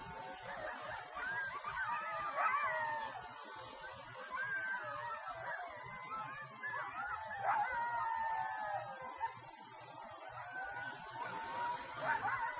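Coyotes howling together, wavering high tonal howls overlapping with quick yips and barks throughout, a lively group chorus.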